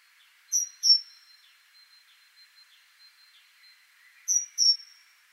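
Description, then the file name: Great tit giving bright paired high notes, a double call repeated after about four seconds, with a thin insect drone between. "Parus major"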